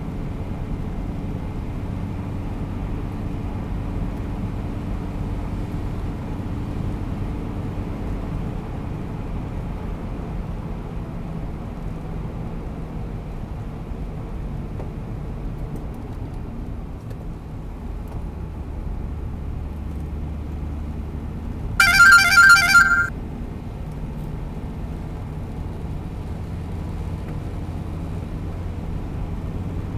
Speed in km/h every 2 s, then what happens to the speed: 94, 95, 95, 95, 93, 89, 85, 81, 72, 71, 73, 77, 82, 85, 88.
0-9 steady at about 95. 9-17 slows to 71. 17-30 speeds up to 88.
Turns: none.